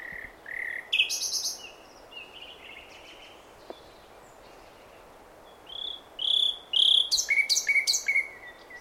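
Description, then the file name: Common nightingale song: varied phrases of whistles and harsh buzzy bursts, separated by pauses, ending in a fast run of sharp repeated notes. "Luscinia megarhynchos"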